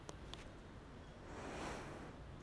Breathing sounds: one breath in and out by a microphone near the nose and mouth; normal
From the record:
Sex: female

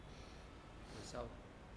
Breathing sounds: one breath in and out by a microphone near the nose and mouth; normal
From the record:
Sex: male

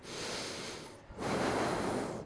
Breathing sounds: one breath in and out by a microphone near the nose and mouth; deep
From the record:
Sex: male

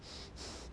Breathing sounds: one breath in and out by a microphone near the nose and mouth; strong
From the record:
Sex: male

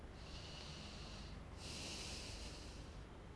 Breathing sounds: one breath in and out by a microphone near the nose and mouth; deep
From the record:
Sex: male

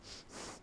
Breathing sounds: one breath in and out by a microphone near the nose and mouth; strong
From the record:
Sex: male

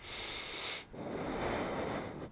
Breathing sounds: one breath in and out by a microphone near the nose and mouth; deep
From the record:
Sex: male

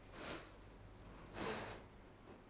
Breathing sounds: one breath in and out by a microphone near the nose and mouth; deep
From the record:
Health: marked as sick, illness not named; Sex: female

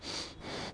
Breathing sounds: one breath in and out by a microphone near the nose and mouth; strong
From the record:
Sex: male

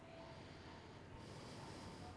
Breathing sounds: one breath in and out by a microphone near the nose and mouth; normal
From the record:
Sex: male

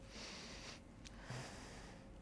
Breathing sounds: one breath in and out by a microphone near the nose and mouth; deep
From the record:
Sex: male

